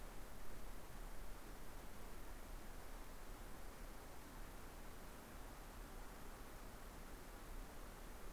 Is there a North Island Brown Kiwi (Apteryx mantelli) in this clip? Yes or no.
no